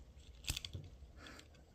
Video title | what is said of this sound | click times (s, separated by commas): Generations Legacy Beast Wars Sandstorm - Transformers Tuesdays | get it in there push it back but it's going to lock in and sort of click in the back there | 0.5 s, 0.6 s